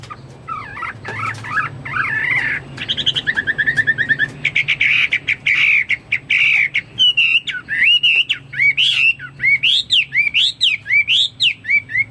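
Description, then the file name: Chinese hwamei song, moving from warbled phrases through a rapid repeated trill to clear looping whistles that rise and fall. "omkicau hwamei"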